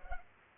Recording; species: mosquito wingbeat signal from an infrared sensor; Culex pipiens